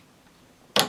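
A DDR memory stick is pushed down into a motherboard DIMM slot until the retention clips snap shut. Quiet low-level background gives way to a sharp, bright click at 0.8 s that rings briefly and fades by the end. The module is seated.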